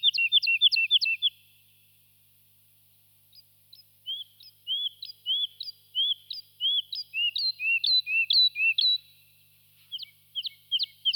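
Lark singing a burst of rapid high chirps, falling quiet, then building again into a long, steady series of clear slurred whistles and a final short flurry.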